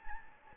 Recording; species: mosquito wingbeat signal from an infrared sensor; Anopheles gambiae